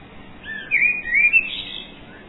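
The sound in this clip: Bird song: a few clear whistled notes, slurred up and down, bunched into a phrase in the middle over a faint steady background hiss.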